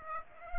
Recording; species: mosquito wingbeat signal from an infrared sensor; Aedes aegypti